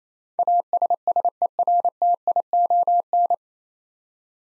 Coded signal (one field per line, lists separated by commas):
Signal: Morse code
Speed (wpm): 27 wpm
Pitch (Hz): 700 Hz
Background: none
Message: ASSERTION